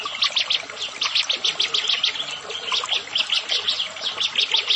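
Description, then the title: Prinia: dense, continuous run of high, fast chirping notes, steady throughout with little pause. "Ciblek Sawah"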